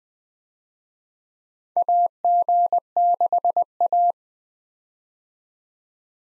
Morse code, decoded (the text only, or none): AG6A